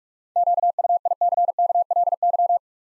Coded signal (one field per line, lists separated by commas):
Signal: Morse code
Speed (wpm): 41 wpm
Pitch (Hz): 700 Hz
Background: none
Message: QUICKLY